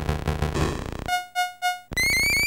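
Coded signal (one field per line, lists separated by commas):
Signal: none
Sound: game music tones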